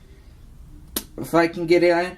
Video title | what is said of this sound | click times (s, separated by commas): RCLIVE-how to fix c hub and steering blocks | and it made a little click. If you guys heard that, tell me. | 1.0 s